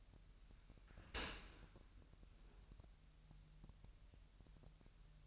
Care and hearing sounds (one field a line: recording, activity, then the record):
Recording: daily activity, microphone in the room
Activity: open dishwasher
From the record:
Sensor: 2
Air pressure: 998.1 hPa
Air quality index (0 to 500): 149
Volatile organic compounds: 4 ppm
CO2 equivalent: 1685 ppm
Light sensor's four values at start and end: 10/29/12/11 and 10/29/11/11